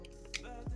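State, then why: Seated. A plastic tab on the front assembly of a Twintwist Transformer figure is pushed into its groove and clicks into place at 0.4 s, with a sharp, bright snap. Faint softer ticks come before it, and a low thump follows at about 0.7 s. The tab is seated.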